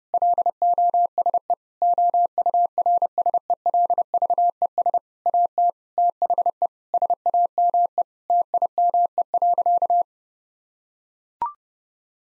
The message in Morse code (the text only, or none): LOSE OURSELVES AT THE SAME TIME.